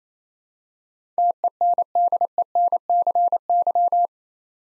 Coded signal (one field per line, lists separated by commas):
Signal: Morse code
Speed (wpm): 28 wpm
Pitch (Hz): 700 Hz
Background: none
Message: TENDENCY